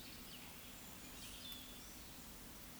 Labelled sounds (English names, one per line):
Eurasian Woodcock whistle
Eurasian Woodcock croak